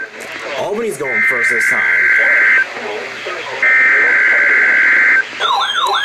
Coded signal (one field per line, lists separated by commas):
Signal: Emergency Alert System (SAME) tones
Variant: header bursts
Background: speech